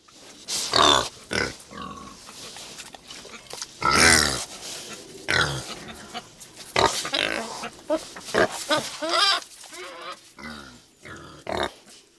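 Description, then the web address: Pig grunts and squeals: irregular harsh grunting and snorting with a few louder squealing bursts. Contact call. "karlammann. Tierstimmen Schwein kontakt"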